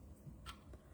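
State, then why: Not seated. A metal cutting die is handled and lined up with a ring frame die, with a few faint, light ticks of metal contact, a brighter one near the middle and a soft one toward the end, over a low background hum. Nothing has seated or clicked into place yet.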